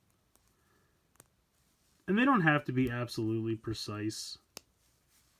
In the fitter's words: And these will come around and click into place here.